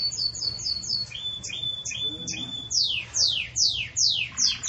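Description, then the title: Canary song: high rapid notes and a thin held whistle, then several loud descending sweeps. Belgian canary song used for training chicks (encarte de filhotes); style described as campainha. "Belíssimo Canto Do Canário Belga Campainha Para Encarte De Filhotes"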